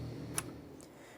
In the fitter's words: We have our audible click.